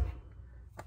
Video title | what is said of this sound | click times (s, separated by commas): XJ Project Part 2: Interior reassembly | And you heard that click. | 0.8 s